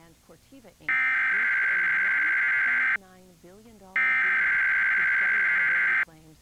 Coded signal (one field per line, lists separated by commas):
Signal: Emergency Alert System (SAME) tones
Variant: header bursts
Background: speech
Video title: (Rare TV Capture!) EAS 810: WCTX 59.2 Tornado Watch for Long Island NY & All of CT, 07/16/23 8:40 AM